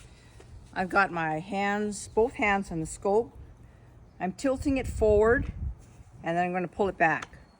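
Someone talks while holding a spotting scope with both hands, tilting it forward to pull it back onto a tripod head's quick-release mount. Only speech and faint handling noise are heard; the scope has not seated or clicked into the mount yet.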